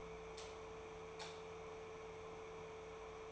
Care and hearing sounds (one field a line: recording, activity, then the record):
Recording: daily activity, microphone in the room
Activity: light off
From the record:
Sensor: 1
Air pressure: 1014.8 hPa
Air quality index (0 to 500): 186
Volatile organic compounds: 18 ppm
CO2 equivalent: 2630 ppm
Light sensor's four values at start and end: 28/76/31/36 and 26/66/28/33